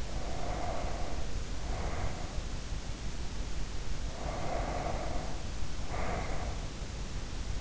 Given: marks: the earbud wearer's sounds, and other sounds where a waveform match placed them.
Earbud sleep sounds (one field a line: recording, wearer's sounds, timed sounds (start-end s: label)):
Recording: sounds in sleep by an in-ear microphone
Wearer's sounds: breath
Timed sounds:
0.00-2.53 s: breath
3.96-7.11 s: breath